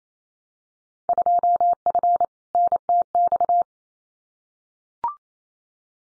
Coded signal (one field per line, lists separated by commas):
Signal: Morse code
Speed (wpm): 28 wpm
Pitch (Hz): 700 Hz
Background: none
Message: 2F NTX